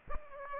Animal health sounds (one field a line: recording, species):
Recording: mosquito wingbeat signal from an infrared sensor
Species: Aedes aegypti